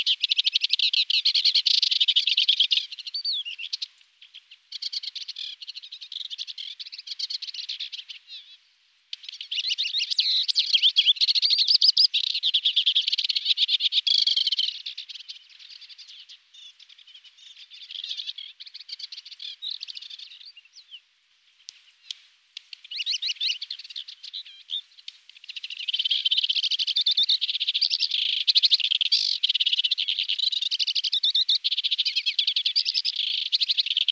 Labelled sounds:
Sykes's Warbler (Iduna rama) song
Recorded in the wild
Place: Karakumwüste/Repetek, TM
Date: 2001-05-19
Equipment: MiniDisc Sharp MT 20 H
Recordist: Schwarz, Dieter

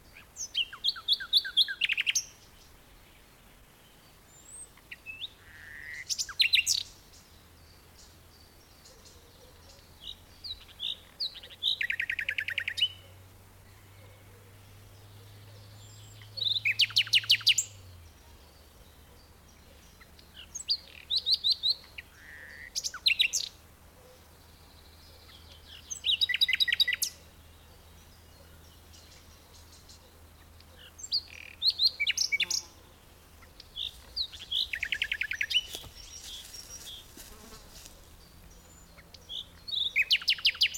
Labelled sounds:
Common Nightingale (Luscinia megarhynchos)
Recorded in the wild
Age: adult
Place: Karower Teiche, Naturpark Barnim, Berlin, DE
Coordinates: 52.622, 13.46
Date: 1992-05-16 10:01
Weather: sonnig, 17-22°C
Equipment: Nagra SN, Mikrofon AKG CK 8, Kopie Tesla B 116
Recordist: Tembrock, Günter
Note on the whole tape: Karower Fischteiche; Gesang (längere Stücke, sehr gute Aufnahme)

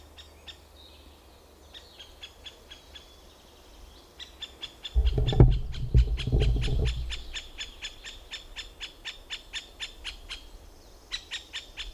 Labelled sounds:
Middle Spotted Woodpecker (Dendrocopos medius)
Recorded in the wild
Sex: diverse
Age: diverse
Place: Detmold, OT Hiddesen, Teutoburger Wald, Nordrhein-Westfalen, DE
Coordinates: 51.9272, 8.80583
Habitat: pond
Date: 1969-06-17
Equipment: Uher 4000 Report-S, Bändchenmikro Beyer M 260, Parabolspiegel Polyester (470 mm)
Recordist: Conrads, Klaus

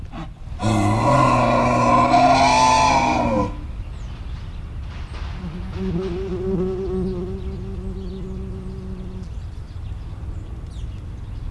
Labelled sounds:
Wapiti (Cervus canadensis) call
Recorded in captivity
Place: Tierpark Berlin, Berlin, DE
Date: 1972-09-16 11:02
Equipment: Uher 4200 Report Monitor, Verst. I, Sennheiser MD 421
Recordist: Tembrock, Günter

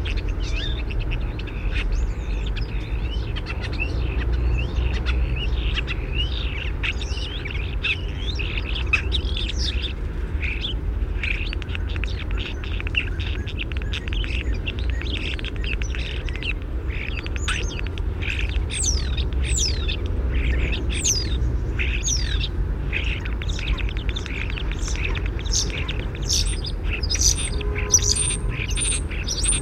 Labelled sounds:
European Starling (Sturnus vulgaris)
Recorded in the wild
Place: Bergen, Insel Rügen, Mecklenburg-Vorpommern, DE
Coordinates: 54.415, 13.426
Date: 1972-09-05
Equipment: Nagra III BH, Sennheiser MD 21, parabola
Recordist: Schubert, Michael

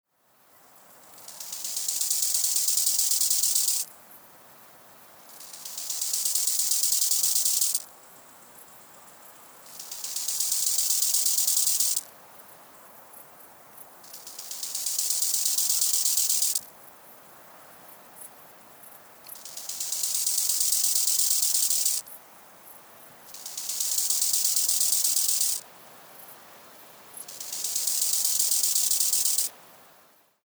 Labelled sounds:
Bow-winged Grasshopper (Chorthippus biguttulus)
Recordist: Frommolt, Karl-Heinz
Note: Männchen: Gesang

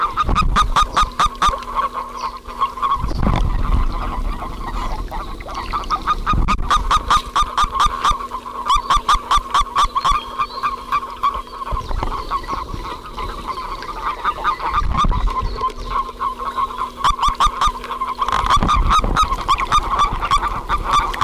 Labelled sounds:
Common Toad (Bufo bufo) call
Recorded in the wild
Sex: male
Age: adult
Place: Strausberg, Brandenburg, DE
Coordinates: 52.5478, 13.8744
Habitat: lake
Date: 1969-04-26
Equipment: Uher 4200, Telefunken-Mikrofon, Vorverstärker 2
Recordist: Tembrock, Günter

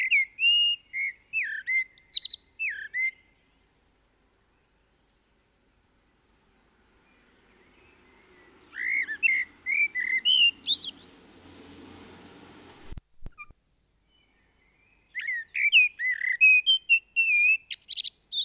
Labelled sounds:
Common Blackbird (Turdus merula) song
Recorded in the wild
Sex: male
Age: adult
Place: Garmisch-Partenkirchen, Bayern, DE
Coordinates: 47.5047, 11.0856
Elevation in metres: 692
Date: 1973-04-25
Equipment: Nagra IV, Sennheiser MKH 405, Parabolreflektor
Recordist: Tretzel, Erwin
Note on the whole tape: Vermutlich Thomas-Knorr-Straße 28, Garmisch-Partenkirchen: Gesang mit Imitation von Blaumeise und Kleiber

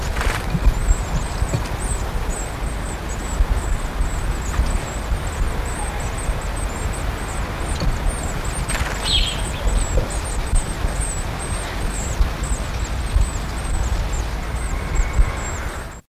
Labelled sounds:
Great Tit (Parus major) call
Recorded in the wild
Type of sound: call
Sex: diverse
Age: immature
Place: Hannover, Niedersachsen, DE
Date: 1979-06-17
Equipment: Halbspur, 9,5 cm/s
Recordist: Lütgens, Hans
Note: Nestjunge, Rufe

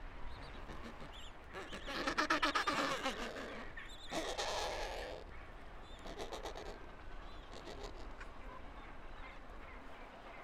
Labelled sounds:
Gentoo Penguin (Pygoscelis papua) call
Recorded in the wild
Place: Kopaitic Island, Antarctica, AQ
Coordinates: -63.18, -57.55
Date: 2019-01-01
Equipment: Olympus LS-100, Sennheiser ME66
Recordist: Beaulieu, Michaël

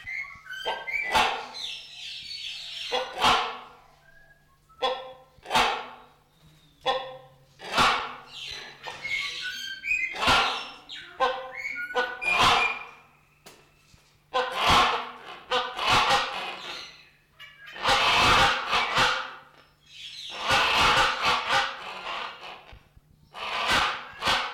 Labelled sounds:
Great Hornbill (Buceros bicornis) call
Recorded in captivity
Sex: pair
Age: adult
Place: Zoo Berlin, Berlin, DE
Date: 1994-02-12 10:55
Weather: bedeckt, leichter Schneefall, um 0°C
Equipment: Marantz CP 430, Sennheiser MKH 416 T, Kopie Uher Variocord 263
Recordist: Tembrock, Günter

